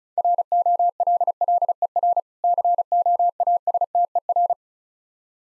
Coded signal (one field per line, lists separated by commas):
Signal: Morse code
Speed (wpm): 35 wpm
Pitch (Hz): 700 Hz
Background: none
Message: ROLLER COASTER